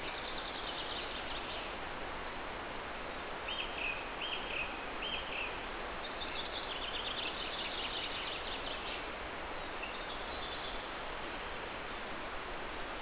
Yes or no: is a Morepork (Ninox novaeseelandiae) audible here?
no